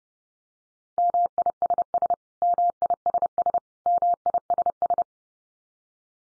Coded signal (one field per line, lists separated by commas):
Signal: Morse code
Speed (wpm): 28 wpm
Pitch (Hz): 700 Hz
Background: none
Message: MISS MISS MISS